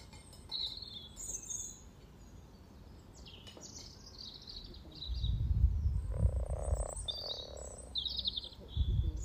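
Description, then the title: Frogs giving a brief burst of low purring croaks, amid rumbling background noise and bright, high bird chirps throughout. Two garden ponds at Freshfield, Formby, Merseyside, UK; spring, sunny St Patrick's Day, 17 March 2023; about 20 frogs in the sunny pond, some on fresh frogspawn, chorusing to welcome arriving females. "Frog Chorus Spring sounds first Lunch outside St Patrick’s day 17 March 2023 . Freshfield, Formby"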